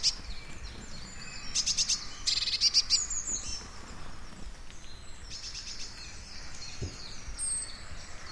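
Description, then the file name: Blue tit calling with clusters of high, rapid, scratchy notes. Recorded at Everdon Stubbs in March 2019. "Blue tit Everdon Stubbs 0319"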